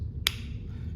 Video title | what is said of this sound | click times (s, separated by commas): Volcano Classic Cleaning and Assembly Guide | And then you can bring these pieces together, which click into place, | 0.3 s